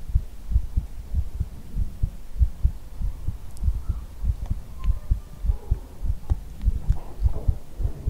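Deep, muffled heartbeat thumps repeat steadily at roughly 100 a minute over a low hum, heard as if the listener's head were hugged against the chest. Faint rustling and soft breathy touches of the close microphone creep in during the second half, as in ASMR.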